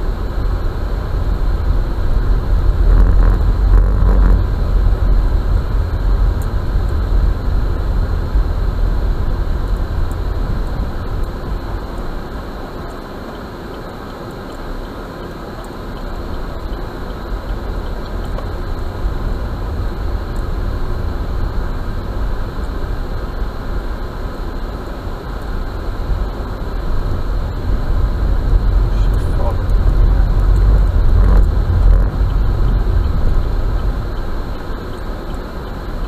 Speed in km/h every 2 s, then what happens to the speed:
20, 21, 19, 18, 17, 10, 3, 4, 7, 12, 14, 10, 9, 17, 22, 23, 15, 8.
0-8 steady at about 19. 8-12 brakes to 3. 12-19 speeds up to 14. 19-24 steady at about 10. 24-27 speeds up to 22. 29-33 brakes to 8.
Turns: none.